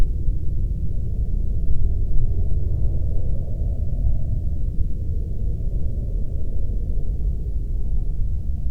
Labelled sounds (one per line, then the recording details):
aircraft
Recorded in the Prudhoe Bay oil fields, Alaska, on 11 July 2019 at 12:56
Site 25